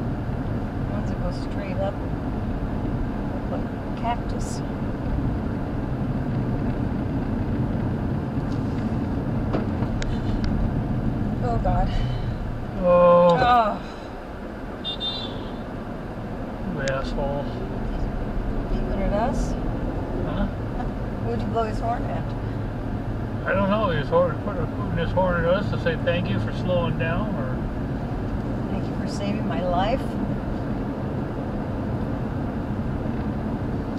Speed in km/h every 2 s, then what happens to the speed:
58, 60, 56, 56, 55, 40, 11, 11, 23, 27, 39, 44, 45, 50, 56, 60, 61.
0-9 steady at about 56. 9-13 brakes to 11. 14-29 speeds up to 60.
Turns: none.